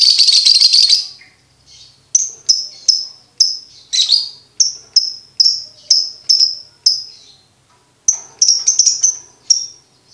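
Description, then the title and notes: Lovebird song: a long, harsh, chattering burst, then a steady series of high chirps with one pause before rapid chattering returns. For birds to learn the ngekek song style. "MASTERAN BURUNG. Belajar Ngekek. lofbet"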